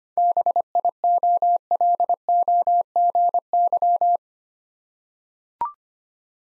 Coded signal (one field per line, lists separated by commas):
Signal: Morse code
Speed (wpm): 25 wpm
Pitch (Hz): 700 Hz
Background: none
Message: BIOLOGY